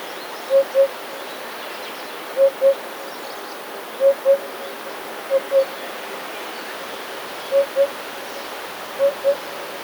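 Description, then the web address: Eurasian hoopoe repeating a soft, low double hoot, 'oop-oop', six times at intervals of roughly one and a half seconds, against quiet background hiss. "wroblowe kolekcja dudek"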